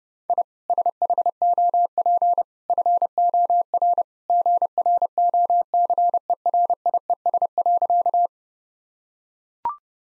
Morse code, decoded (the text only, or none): I SHOP FOR GROCERIES.